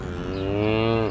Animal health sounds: contact call of a hoofed animal; cattle; low-frequency (closed-mouth) or high-frequency (open-mouth) call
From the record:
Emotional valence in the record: negative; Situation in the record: full separation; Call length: 1.10 s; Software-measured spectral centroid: 1470 Hz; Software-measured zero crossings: 1120 a second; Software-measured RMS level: -24 dBFS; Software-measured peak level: -9 dBFS

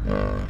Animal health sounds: contact call of a hoofed animal; wild boar; grunt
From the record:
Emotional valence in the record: positive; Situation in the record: naturally occurring affiliative interactions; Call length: 0.49 s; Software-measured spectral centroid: 1310 Hz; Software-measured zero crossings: 600 a second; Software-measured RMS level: -24 dBFS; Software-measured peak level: -10 dBFS

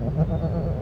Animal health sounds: contact call of a hoofed animal; goat; low-frequency (closed-mouth) or high-frequency (open-mouth) call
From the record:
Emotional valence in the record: negative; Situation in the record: short social isolation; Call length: 0.82 s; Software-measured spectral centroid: 740 Hz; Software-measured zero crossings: 430 a second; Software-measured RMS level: -24 dBFS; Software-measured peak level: -10 dBFS

